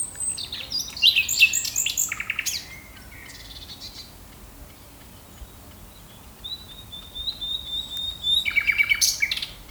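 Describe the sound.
Common nightingale song: a loud phrase of rich chirps and rapid trills, a pause with a thin high whistle, then another loud, rapidly repeated phrase.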